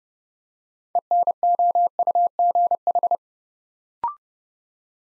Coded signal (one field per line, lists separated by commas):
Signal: Morse code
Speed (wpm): 29 wpm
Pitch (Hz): 700 Hz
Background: none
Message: ENOUGH